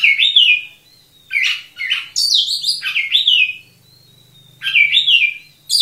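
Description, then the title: Oriental magpie-robin song of clear whistled notes and slurred warbles in separate bursts, with short quiet gaps and a faint low hum beneath. Local name kacer; described as 'gacor', vigorous continuous singing. "Kacer Gacor"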